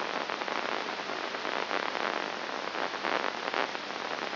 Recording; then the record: brain microelectrode recording played as sound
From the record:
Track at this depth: inside the subthalamic nucleus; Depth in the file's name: 2.104 mm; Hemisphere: left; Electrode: 2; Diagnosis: Parkinson's disease